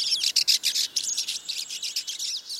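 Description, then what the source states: Pine Siskins calling as a flock: dense overlapping high buzzy twitters and chatter, constant and shifting throughout. A flock of pine siskins swarming around a thistle feeder, wings briefly flashing yellow as they flit about.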